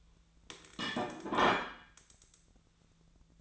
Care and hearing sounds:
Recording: daily activity, microphone in the room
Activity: place plate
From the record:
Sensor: 3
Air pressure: 1009.4 hPa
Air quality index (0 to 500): 198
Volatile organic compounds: 17 ppm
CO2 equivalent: 2570 ppm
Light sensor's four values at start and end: 34/84/36/39 and 34/84/36/38

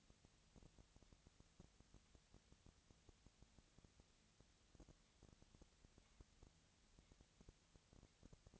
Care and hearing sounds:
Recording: daily activity, microphone in the room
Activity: no activity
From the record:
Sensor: 3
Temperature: 20.4 degrees Celsius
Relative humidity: 34.4%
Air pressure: 996.9 hPa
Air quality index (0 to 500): 205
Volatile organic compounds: 68 ppm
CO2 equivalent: 3504 ppm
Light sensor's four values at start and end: 2/3/2/2 and 2/3/2/2

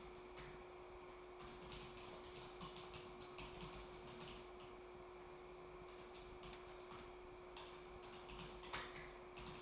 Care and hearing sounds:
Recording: daily activity, microphone in the room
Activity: typing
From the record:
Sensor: 1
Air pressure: 1004.5 hPa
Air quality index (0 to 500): 196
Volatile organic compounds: 17 ppm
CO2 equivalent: 2592 ppm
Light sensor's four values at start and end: 4/11/4/4 and 4/11/4/4

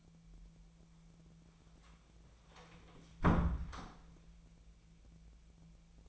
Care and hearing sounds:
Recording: daily activity, microphone in the room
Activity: close door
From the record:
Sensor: 1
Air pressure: 1000.4 hPa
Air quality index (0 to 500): 184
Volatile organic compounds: 4 ppm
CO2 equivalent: 1694 ppm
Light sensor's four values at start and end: 13/30/12/14 and 12/29/12/14

